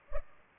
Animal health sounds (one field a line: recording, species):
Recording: mosquito wingbeat signal from an infrared sensor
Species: Culex pipiens